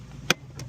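A battery pack is pushed into the battery bay of an EGO lawn mower and latches with a sharp click at 0.3 s, followed by a fainter tick at 0.6 s over low background hum. The battery is seated all the way in.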